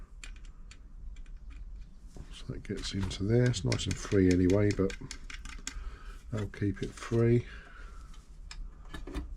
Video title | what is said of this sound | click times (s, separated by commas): FRISTER & ROSSMANN 904 SERVICE | this just snaps into place that's running | 8.5 s